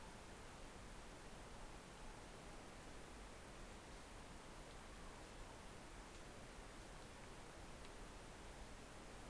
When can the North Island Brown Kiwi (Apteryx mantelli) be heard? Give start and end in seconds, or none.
none